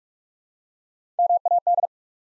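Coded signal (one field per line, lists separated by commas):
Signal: Morse code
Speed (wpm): 42 wpm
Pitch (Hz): 700 Hz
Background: none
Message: MAD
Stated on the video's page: Morse practice at 45 wpm building three-letter words one letter at a time, for instant character recognition.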